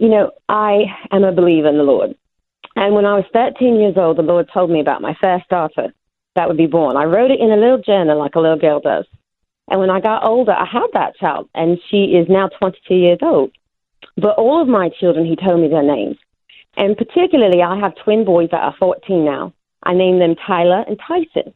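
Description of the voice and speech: An adult woman speaks fluently in short phrases separated by brief pauses, with a lilting, sing-song rise and fall in pitch and a foreign-sounding accent. This is foreign accent syndrome following a neurological brain trauma. Her accent first sounded Irish, later British/Australian, and the current one has lasted three years. She can no longer pronounce the R at the end of a name.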